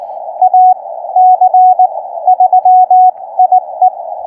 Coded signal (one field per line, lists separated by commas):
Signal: Morse code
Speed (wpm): 19 wpm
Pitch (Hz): 750 Hz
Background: none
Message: AC3IE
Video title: Pt 1: CW POTA Activation from Victoria Springs SRA in central Nebraska. Ham Radio & Morse Code fun!